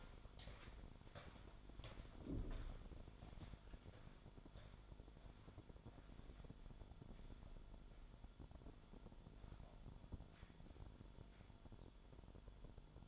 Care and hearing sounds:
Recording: daily activity, microphone in the room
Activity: walk to room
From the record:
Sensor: 5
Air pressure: 1008.3 hPa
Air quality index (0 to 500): 124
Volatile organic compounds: 1 ppm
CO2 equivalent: 952 ppm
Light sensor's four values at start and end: 34/75/31/32 and 34/79/32/31

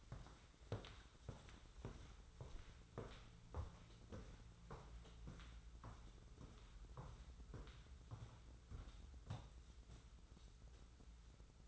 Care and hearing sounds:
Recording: daily activity, microphone in the room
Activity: walk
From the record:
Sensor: 3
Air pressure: 994.3 hPa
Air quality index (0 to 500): 202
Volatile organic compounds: 1000 ppm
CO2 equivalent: 6692 ppm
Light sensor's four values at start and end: 103/242/99/92 and 104/241/99/92

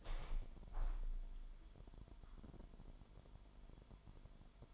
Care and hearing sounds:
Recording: daily activity, microphone in the room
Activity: open window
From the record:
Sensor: 5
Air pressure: 998.7 hPa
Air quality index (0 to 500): 105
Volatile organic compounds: 2 ppm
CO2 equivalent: 1215 ppm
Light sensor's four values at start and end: 48/120/49/56 and 48/119/49/56

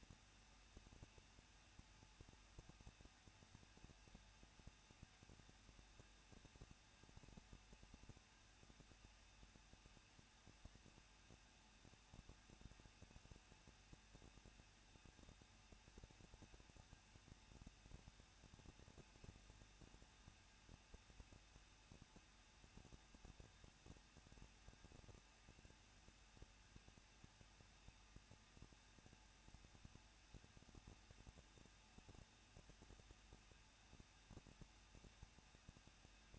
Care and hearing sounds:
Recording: daily activity, microphone in the room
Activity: no activity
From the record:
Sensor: 2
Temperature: 21.0 degrees Celsius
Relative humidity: 37.3%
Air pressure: 1006.2 hPa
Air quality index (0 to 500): 222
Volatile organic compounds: 24 ppm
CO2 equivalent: 2806 ppm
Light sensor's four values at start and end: 2/3/2/2 and 2/3/2/2

